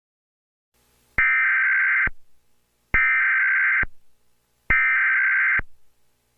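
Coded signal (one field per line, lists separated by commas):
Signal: Emergency Alert System (SAME) tones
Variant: header bursts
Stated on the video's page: Fictional EAS scenario about a tornado outbreak, made in KineMaster with a narrator voice app.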